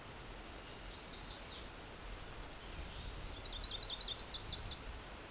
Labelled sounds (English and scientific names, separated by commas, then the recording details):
Chestnut-sided Warbler (Setophaga pensylvanica) song
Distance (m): 30 m
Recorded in a Pennsylvania forest on 17 May 2023 at 14:05
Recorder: AudioMoth, point grid1_13_low
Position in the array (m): 107 m, 125 m